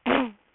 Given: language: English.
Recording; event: throat vibration sensor signal played as sound; throat clearing